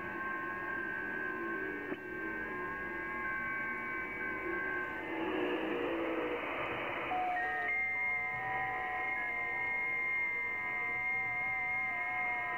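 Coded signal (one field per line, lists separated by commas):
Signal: FT8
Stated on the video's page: FT8 on 30 m (10 MHz) from Brunei, worked using an IC-7600, SPE Expert 1.3K-FA amplifier and 30 m dipole.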